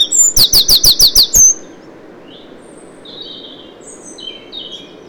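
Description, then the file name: Eurasian wren with a short burst of loud, sharp notes repeated about seven times, then faint, high twittering phrases. "Troglodytes troglodytes"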